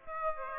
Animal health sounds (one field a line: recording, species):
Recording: mosquito wingbeat signal from an infrared sensor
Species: Aedes aegypti